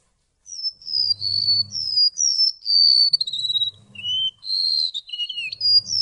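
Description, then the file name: Golden-bellied gerygone: clear, high whistled notes that slur downward one after another, with a faint low hum below. "suara remetuk laut omkicau"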